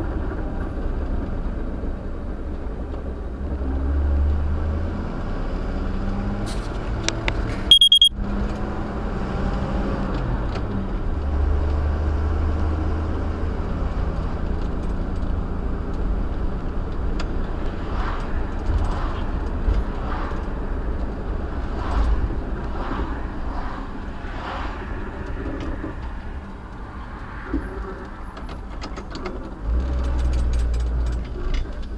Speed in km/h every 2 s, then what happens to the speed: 31, 24, 31, 40, 47, 50, 53, 56, 58, 55, 50, 37, 23, 13, 0, 0.
3-17 speeds up to 58. 17-28 brakes to 0. 28-30 standing.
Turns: 25-27.